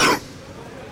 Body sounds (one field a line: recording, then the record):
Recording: coughing mixed with background sound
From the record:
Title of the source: Coughing 46